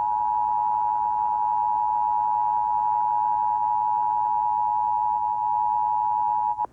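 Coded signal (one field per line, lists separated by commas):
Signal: Emergency Alert System (SAME) tones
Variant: 853 and 960 Hz attention tone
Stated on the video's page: Failed West Virginia Required Monthly Test on Charleston cable system, captured from a VHS tape.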